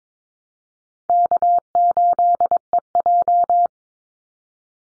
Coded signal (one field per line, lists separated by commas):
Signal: Morse code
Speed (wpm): 22 wpm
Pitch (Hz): 700 Hz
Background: none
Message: K8EJ